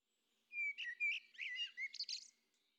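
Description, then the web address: Common blackbird song phrase: a clear whistled opening and fluty warbled notes, ending in higher squeaky twittering, about two seconds long, with no other sounds. Midday. "Fontainebleau Demo. blackbird"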